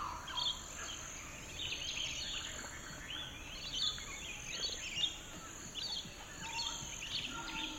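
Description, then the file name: Bird: a busy mix of bird chirps and twitters overlapping throughout, with a continuous high insect buzz. Birds in a forest; the sound is described as a flutter. "Bird Flutter in the Forrest"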